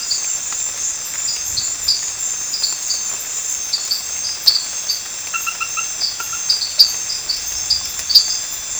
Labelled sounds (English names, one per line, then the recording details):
none
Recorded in pastures near Puerto Asís, Putumayo, Colombia, on 13 March 2025 at 22:30
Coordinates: 0.502, -76.324
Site GP07